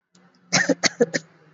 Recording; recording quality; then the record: shallow voluntary cough; excellent, no background noise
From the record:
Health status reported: exposed to COVID-19, no respiratory illness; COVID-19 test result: not tested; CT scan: not taken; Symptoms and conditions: cough, cold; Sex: male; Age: 30 years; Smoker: no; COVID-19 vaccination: both doses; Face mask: worn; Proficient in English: yes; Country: India